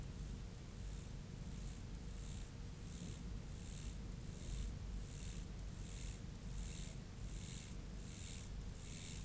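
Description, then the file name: Mottled grasshopper song: short, hissing buzzy bursts repeated at a steady pace throughout, over a low background rumble. "Myrmeleotettix maculatus"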